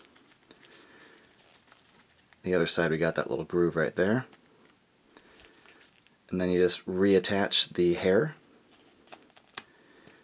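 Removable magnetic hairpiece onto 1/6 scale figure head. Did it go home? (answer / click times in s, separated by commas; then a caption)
yes / 9.6 s. Someone talks while the removable magnetic hairpiece of a 1/6 scale Hot Toys Captain America (The Winter Soldier) action figure is put back onto the figure's plastic head over the goggle grooves. Quiet small taps and handling sounds are heard between the speech. The hairpiece snaps right on with a sharp click at 9.6 s, seated.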